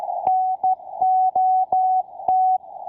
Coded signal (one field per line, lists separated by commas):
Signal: Morse code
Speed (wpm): 13 wpm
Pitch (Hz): 750 Hz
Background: none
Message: NOT